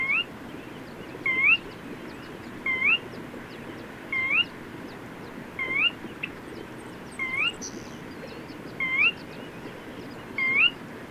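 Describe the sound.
Bird repeating a quick upslurred whistle roughly every 1.4 seconds, eight notes in all, with a constant rushing background.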